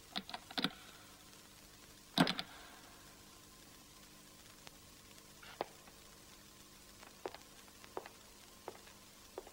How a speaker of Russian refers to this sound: Ирина дергает ручку двери.